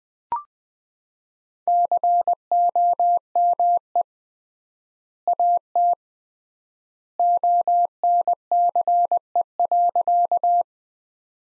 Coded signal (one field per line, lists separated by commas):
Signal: Morse code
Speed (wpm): 21 wpm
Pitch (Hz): 700 Hz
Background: none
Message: COME AT ONCE.